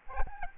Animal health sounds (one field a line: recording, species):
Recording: mosquito wingbeat signal from an infrared sensor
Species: Aedes albopictus